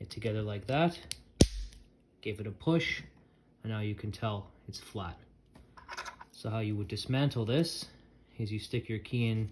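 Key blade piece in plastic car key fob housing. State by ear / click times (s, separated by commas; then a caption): seated / 1.4 s. Someone talks while pushing the two plastic halves of a 928 car key fob housing together with the key blade piece inside. A single sharp snap at 1.4 s marks the halves locking into place, and the housing now sits flat.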